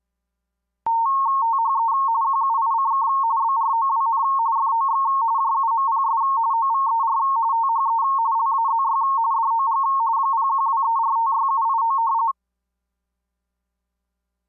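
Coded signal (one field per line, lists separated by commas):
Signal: RTTY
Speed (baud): 45.45 baud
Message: THE QUICK BROWN FOX JUMPS OVER THE LAZY DOG 0123456789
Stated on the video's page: RTTY with 170 Hz shift at 45.45 baud, played as a "What's That Sound?" identification challenge on a club learning net.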